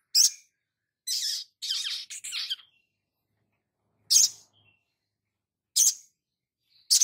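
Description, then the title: Spiderhunter song: sharp high chips and short twittering buzzy phrases, with separate single chips spaced over several seconds. Training recording (masteran) for cage birds; Labaik song variant. "Sogok Ontong Labaik"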